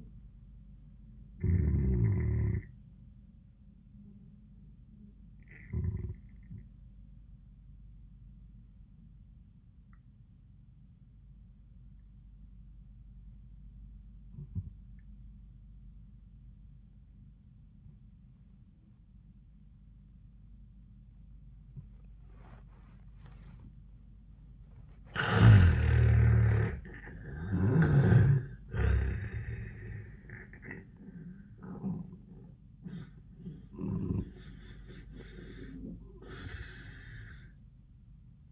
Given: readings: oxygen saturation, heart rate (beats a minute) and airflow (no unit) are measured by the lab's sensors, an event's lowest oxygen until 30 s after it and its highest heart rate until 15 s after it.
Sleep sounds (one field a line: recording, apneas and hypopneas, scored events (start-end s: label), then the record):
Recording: breathing in sleep by a smartphone at the bedside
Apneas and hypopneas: 1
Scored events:
5.00-25.10 s: obstructive apnea (N1, oxygen 95% highest, then 80% lowest, heart rate 88 at the start, 94 highest)
12.00-38.51 s: new sleep stage, N2 (light sleep)
From the record:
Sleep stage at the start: N1 (lightest sleep)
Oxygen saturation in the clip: 78 to 95%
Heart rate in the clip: 72 to 91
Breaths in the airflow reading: 3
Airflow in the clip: -25.3 to 11.2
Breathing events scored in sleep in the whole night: 400 in 8.7 hours asleep